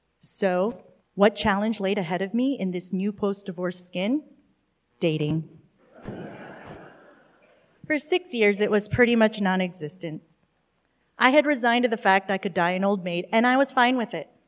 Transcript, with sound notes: So what challenge laid ahead of me in this new post-divorce skin? Dating. [laughter] For six years, it was pretty much nonexistent. I had resigned to the fact I could die an old maid, and I was fine with it.